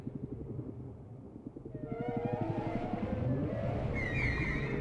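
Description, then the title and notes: Whale sounds: a rapid low throbbing pulse train, joined by rising and falling tonal wails and a high squealing note near the end. Whale sounds presented without music, intended for sleep. "WHALE SOUNDS, WHITE NOISES. WHALE SOUNDS WITHOUT MUSIC"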